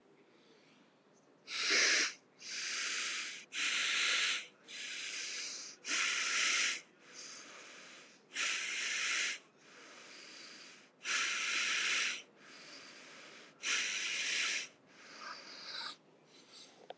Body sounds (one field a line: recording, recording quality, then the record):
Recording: shallow breathing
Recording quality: excellent, no background noise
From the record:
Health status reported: healthy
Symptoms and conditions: diabetes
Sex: male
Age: 49 years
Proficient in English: yes